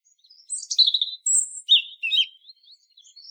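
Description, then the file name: European robin song, high warbled notes falling in pitch, a thin sustained whistle, then tinkling twitters and faint high notes, on a silent background. "Erithacus rubecula"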